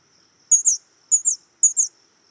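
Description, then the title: White-chinned sapphire calls: three high, thin double chips with a downward slur, spaced about half a second apart. Subspecies griseiventris. "LuckyPassaro Completos2Sama. White-chinned Sapphire"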